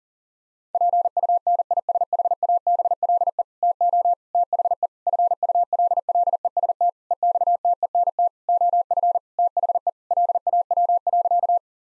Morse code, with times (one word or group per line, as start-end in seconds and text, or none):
0.7-3.4 PUNISHABLE
3.6-4.1 TO
4.3-4.9 THE
5.1-6.9 FULLEST
7.1-8.3 EXTENT
8.5-9.2 OF
9.4-9.9 THE
10.1-11.6 LAW.